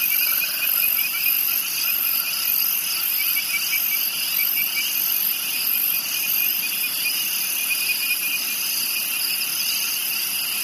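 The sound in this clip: Crickets chirp in a constant high, shimmering chorus, with rapid bright chirps standing out at the top during the first part.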